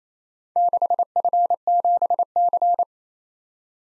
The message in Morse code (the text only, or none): 6F7C